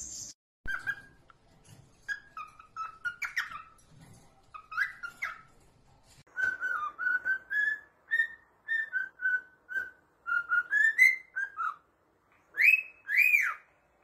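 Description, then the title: Cockatiel whistled song of many short notes at a similar pitch, some strung in quick runs, ending in a pair of higher chirped notes. Cockatiels singing and whistling. "Calopsitas Cantando Assobio"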